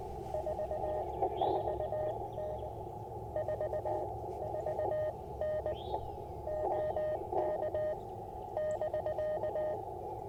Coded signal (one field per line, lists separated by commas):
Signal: Morse code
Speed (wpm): 20 wpm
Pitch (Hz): 600 Hz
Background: none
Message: 44N 44N OK <BK>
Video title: Morning Morse Code - 3/2/24